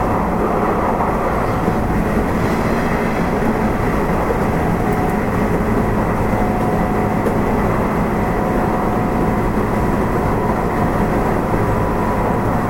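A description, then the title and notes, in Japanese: Running sound of a Nishitetsu 8000 series train: a steady, dense low rumble and roar that holds an even loudness for the whole stretch. Faint tonal whines ride above the noise, with brief brighter hisses around two and seven seconds. 西日本鉄道 8000系の走行音です。特急大牟田行きにて録音。区間は二日市から久留米までです。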